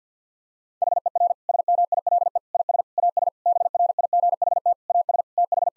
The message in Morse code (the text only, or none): HER SMILE IS AS BRIGHT AS TH